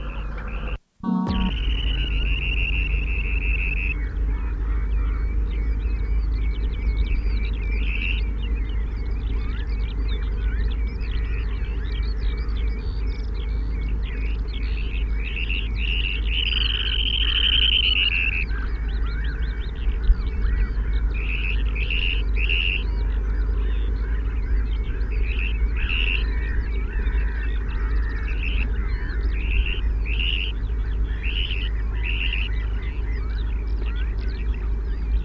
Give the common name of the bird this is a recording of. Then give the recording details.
Dunlin. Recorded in the wild. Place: Landow, Insel Rügen, Mecklenburg-Vorpommern, DE. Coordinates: 54.408, 13.265. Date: 1970-05-03. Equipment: Nagra III BH, Sennheiser MD 21, parabola. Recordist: Schubert, Michael